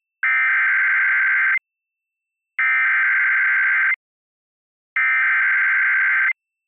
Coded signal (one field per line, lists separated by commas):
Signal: Emergency Alert System (SAME) tones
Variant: header bursts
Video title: WHRO PBS - Severe Thunderstorm Warning - EAS 3/5/25 3:27pm